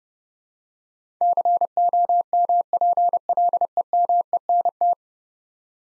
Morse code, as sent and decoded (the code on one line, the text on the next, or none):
-.-. --- -- .--. .-.. . -- . -. -
COMPLEMENT